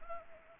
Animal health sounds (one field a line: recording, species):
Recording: mosquito wingbeat signal from an infrared sensor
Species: Anopheles gambiae